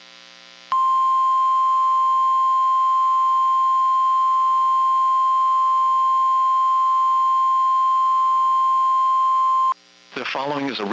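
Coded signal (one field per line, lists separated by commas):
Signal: Emergency Alert System (SAME) tones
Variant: 1050 Hz attention tone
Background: speech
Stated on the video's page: Required Weekly Tests received on NOAA Weather Radio.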